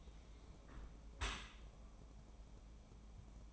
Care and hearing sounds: daily activity, microphone in the room; close dishwasher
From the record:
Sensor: 1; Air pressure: 1012.4 hPa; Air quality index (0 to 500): 173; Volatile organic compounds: 3 ppm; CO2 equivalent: 1411 ppm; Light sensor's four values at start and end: 383/856/386/422 and 382/854/385/421

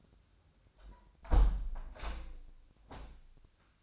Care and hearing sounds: daily activity, microphone in the room; close window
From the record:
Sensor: 2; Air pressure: 1006.3 hPa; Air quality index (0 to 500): 189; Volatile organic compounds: 11 ppm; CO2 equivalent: 2304 ppm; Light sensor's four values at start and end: 9/21/8/9 and 8/20/8/8

